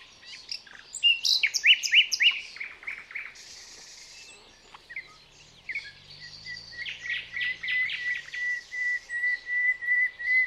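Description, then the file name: Common nightingale singing varied phrases: sharp whistled notes and rapid chirps, a pause, then a long series of repeated notes building in loudness; faint low hum midway. "Luscinia megarhynchos"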